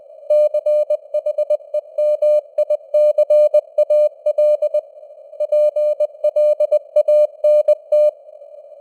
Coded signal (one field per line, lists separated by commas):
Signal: Morse code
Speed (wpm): 20 wpm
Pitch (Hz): 600 Hz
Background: none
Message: CHEMICAL PLANT